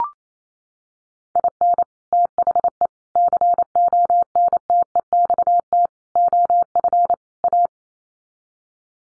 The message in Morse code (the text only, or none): IN THE CONTEXT OF A